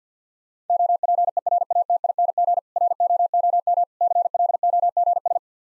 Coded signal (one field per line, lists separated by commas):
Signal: Morse code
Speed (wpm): 50 wpm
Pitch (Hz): 700 Hz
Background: none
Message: OPERATING ROOM CLOGS